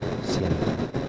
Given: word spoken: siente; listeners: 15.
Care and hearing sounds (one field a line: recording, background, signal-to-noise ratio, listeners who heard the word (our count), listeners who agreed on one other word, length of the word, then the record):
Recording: one Spanish word in noise, from a listening test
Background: noise modulated by three-talker babble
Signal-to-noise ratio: -5.6 dB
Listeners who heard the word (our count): 1 of 15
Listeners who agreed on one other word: 7 of 15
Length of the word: 0.68 s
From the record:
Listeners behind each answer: 7, 4, 2, 1, 1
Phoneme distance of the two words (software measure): 27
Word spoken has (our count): 2 syllables, 6 phonemes, stress on syllable 1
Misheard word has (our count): 2 syllables, 7 phonemes, stress on syllable 1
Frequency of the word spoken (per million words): 60.42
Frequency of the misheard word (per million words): 731.24